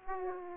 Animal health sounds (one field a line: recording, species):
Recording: mosquito wingbeat signal from an infrared sensor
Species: Aedes aegypti